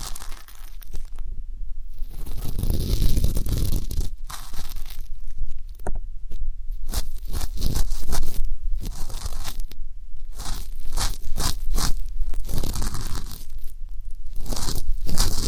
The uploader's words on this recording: ASMR Deep Ear Canal & Eardrum Cleaning (No Talking).